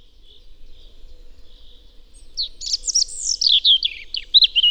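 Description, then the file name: European robin song: a few soft high notes first, then a burst of fast, thin warbles that runs on to the end. "Erithacus rubecula"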